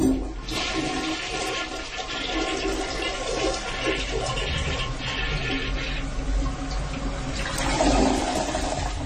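A toilet flushes with a loud, steady rush of water that holds for several seconds, then swells into a gurgling swirl near the end as the bowl drains. No one speaks.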